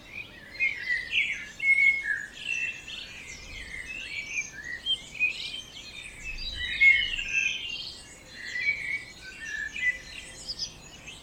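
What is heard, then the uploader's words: Birds sing in a dense pre-dawn chorus, many high chirps and trills overlapping without pause across the whole stretch. There are brief louder bursts near the second and seventh seconds over a faint low rumble. Birds Oberhofen Inntal Austria - 4am - stereo version.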